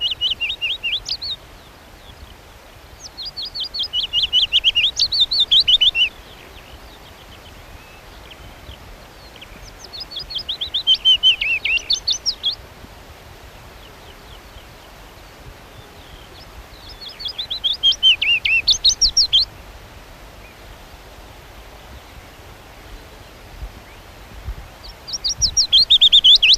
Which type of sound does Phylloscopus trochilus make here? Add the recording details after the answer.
song. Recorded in the wild. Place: Krombachtalsperre, DE. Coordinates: 50.6217, 8.12722. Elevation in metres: 530. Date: 1964-04-25. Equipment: Uher Report 4000, AKG D190. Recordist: Krey, Winfried